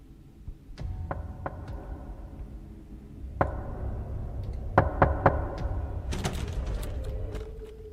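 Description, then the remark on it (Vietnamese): Sharp knocks on the outer door of a house come in irregular bursts: a few scattered raps, then a quick firm triple, then a rapid cluster, all over a low steady rumble with no one speaking. “Huyền tắt vòi nước để lắng nghe cho rõ hơn, thì đúng thật là tiếng gõ cửa.”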